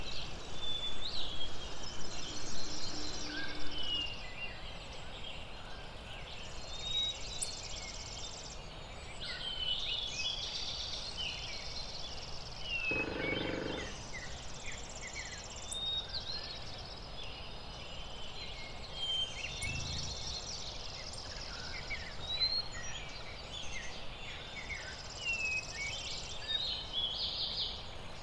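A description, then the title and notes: A dawn chorus of many birds, with dark-eyed junco, flycatchers, American robin and mountain quail among the calls: thin high chirps, trills and whistles overlapping throughout. A steady hiss runs underneath, louder in the first few seconds, with brief low thumps near 13 and 20 seconds. Lincoln Meadows. California. The morning awakes with the dawn chorus. Dark eyed junco, flycatchers, american robin, mountain quail break the morning air.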